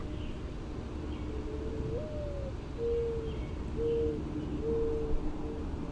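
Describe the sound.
Mourning dove coo: a long, mellow rising note and three hollow hoots spaced about a second apart, against a constant low rumble.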